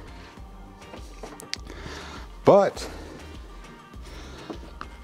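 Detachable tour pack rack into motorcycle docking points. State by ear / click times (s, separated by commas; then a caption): not seated / none. A detachable tour pack rack is handled near the HogWorkz 4-point docking hardware on a Harley bagger touring motorcycle, where its metal latch will lock in. Someone talks throughout, with a few brief sharp ticks around 1.5 s and 4.8 s and a louder burst near 2.5 s. Nothing has seated or clicked yet.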